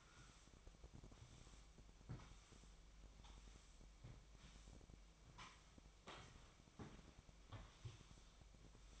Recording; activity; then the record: daily activity, microphone in the room; sweep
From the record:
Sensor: 1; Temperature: 24.7 degrees Celsius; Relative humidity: 39.7%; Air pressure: 1001.6 hPa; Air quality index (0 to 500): 220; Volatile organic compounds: 29 ppm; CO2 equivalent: 2933 ppm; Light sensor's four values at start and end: 8/30/10/12 and 8/29/10/12